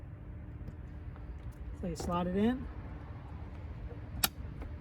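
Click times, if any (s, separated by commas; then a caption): 4.2 s. A plastic trim piece is slid into a door so its tab snaps into a small square hole. Someone talks briefly over a low steady background, then one loud, sharp click at 4.2 s marks the tab seating, and the piece is in place.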